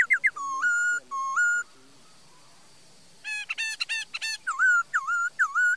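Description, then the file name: Laughingthrush song of rich, slurred whistles, a short pause midway, then rapid whistled phrases. "Tieng khuou hot"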